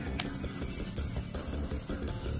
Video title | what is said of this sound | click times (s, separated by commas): Comment changer la RAM de son MacBook Pro | Voilà, le clic était moins bien, mais il y a eu un clic. | 0.2 s